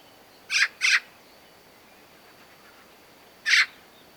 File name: Pica pica